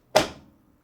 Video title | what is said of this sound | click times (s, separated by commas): The Best Gaming PC You Can Build for $500! (Ryzen 5, RTX 4060) | should click right into place there and now we have a couple of screws here which I don't know if you can see very well | 0.2 s